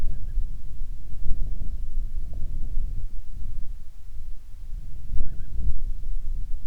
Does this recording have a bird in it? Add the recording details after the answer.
no. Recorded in the Prudhoe Bay oil fields, Alaska, on 25 July 2019 at 02:03. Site 11